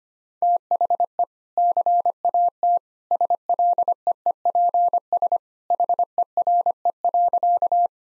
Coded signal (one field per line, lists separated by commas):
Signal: Morse code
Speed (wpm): 25 wpm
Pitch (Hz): 700 Hz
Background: none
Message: THE CAT SLEEPS HERE.